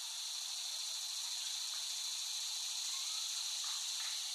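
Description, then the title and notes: Shrill cicada chorus, a dense steady buzz. Cicadas recorded in West Brighton, Staten Island, late summer 2008. "The Cicadas of Summer. Recording of cicadas made by Dan Bodah in West Brighton, Staten Island, late summer 2008"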